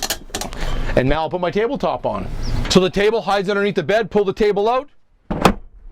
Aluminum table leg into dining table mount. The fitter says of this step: You can hear, listen to that, the way they lock into place. So, boom.